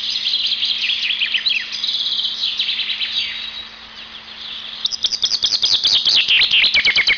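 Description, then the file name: Chaffinch: a dense twittering chatter, then a loud rapid series of sharp notes in the final two seconds. "erdei pinty"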